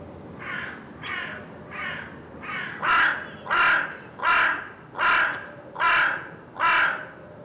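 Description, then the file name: Carrion crow giving a series of harsh caws, about one every three-quarters of a second, growing louder after the first few. "Corvus corone"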